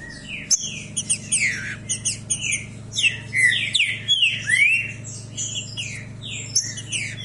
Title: Canto De Trinca Ferro Voz 07. O ANO TODO DESSE JEITO, ESSE TRINCA FERRO CANTA DIRETO